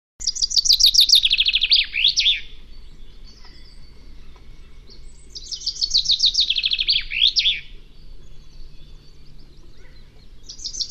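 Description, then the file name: Common chaffinch song: two bright, descending trilled phrases, each ending in a sharp flourish, with a third phrase just beginning at the end. "Fringilla coelebs"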